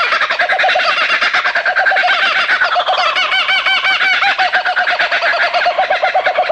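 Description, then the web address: Laughing kookaburra calls in a loud, dense rolling run of rapid repeated hooting notes without pause throughout. "sikioto. waraikawasemi"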